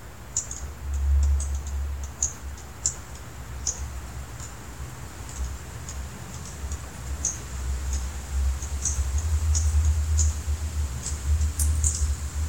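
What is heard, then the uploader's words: Juncos give short, high cheeps as they forage, scattered irregularly across the whole stretch, sometimes in quick pairs or small bursts, often only a second or less apart. Underneath runs a steady low rumble that swells and fades slightly. A chorus of junko cheeps foraging in our back yard.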